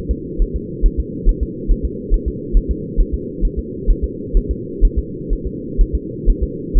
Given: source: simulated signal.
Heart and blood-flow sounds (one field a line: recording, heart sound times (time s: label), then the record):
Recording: fetal heart sounds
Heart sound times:
0.11 s: S2
0.42 s: S1
0.56 s: S2
0.86 s: S1
1.00 s: S2
1.29 s: S1
1.43 s: S2
1.71 s: S1
1.85 s: S2
2.14 s: S1
2.28 s: S2
2.57 s: S1
2.71 s: S2
3.00 s: S1
3.14 s: S2
3.45 s: S1
3.59 s: S2
3.90 s: S1
4.04 s: S2
4.37 s: S1
4.51 s: S2
4.85 s: S1
4.99 s: S2
5.33 s: S1
5.47 s: S2
5.81 s: S1
5.95 s: S2
6.29 s: S1
6.43 s: S2
6.77 s: S1
From the record:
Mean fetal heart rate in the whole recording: 130 bpm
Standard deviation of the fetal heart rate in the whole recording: 4 bpm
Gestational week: 38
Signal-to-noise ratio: -4.1 dB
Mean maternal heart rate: no maternal heart sound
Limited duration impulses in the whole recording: absent